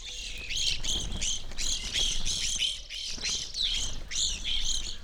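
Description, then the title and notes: Evening grosbeaks calling together, loud buzzy chirps tumbling over one another in a continuous chatter, growing busier after the first second, with low background hum. Flock feeding on sunflower seeds at a feeder hanging from a birch in a backyard, McCloud, Siskiyou County, California; relatively warm winter morning; two microphones either side of the tree trunk. "I recorded this at my home in the small town of McCloud in Siskiyou County, California. It was a relatively warm winter morning, and a flock of Evening Grosbeaks was busily eating a breakfast of sunflower seeds from a feeder hanging from the branch of a birch tree in my backyard."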